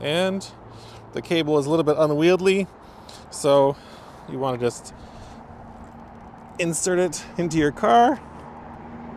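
A DC fast-charger plug (EV charging connector) is being handled and brought toward a car's charging inlet while someone talks, with a steady low hum in the background. Nothing has seated or clicked yet; the clip ends just before the connector goes home.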